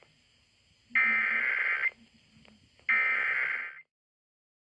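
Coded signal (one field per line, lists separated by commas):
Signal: Emergency Alert System (SAME) tones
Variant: header bursts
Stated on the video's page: Alerts caught from two different stations during a severe weather outbreak.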